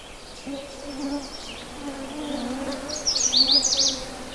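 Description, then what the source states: Canada warbler song: a quick jumbled burst of high twittering notes near the end, after a few faint scattered notes. Singing from low in bushes; song described as a jumble or outburst, 'tweetititititi'; species nests locally in brushy deciduous woods mixed with conifers.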